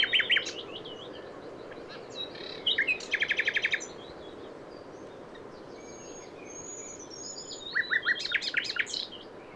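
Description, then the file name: Common nightingale song: short bursts of rapid repeated notes and chirps separated by long pauses, with soft thin whistles and steady background noise. "Luscinia megarhynchos"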